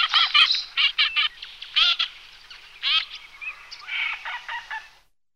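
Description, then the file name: Eurasian teal calls: harsh, nasal notes in quick bursts, followed by softer, scattered chattering calls that fade out. "alzavola"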